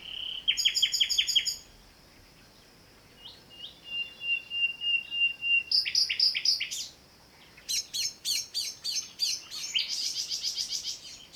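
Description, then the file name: Common nightingale singing rapid repeated chirps, then long level whistles, a loud fast series of sharp repeated notes, and a final buzzy, rattling phrase, with short pauses between phrases. "Luscinia megarhynchos"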